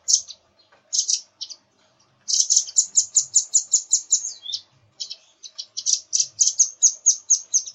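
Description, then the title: Nuthatch calling in quick, high, sharp notes, first in short clusters, then in a long rapid rattling series that briefly breaks before running on. "suara burung rambatan"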